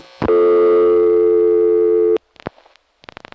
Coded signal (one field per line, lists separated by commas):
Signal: telephone call progress tone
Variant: North America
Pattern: dial tone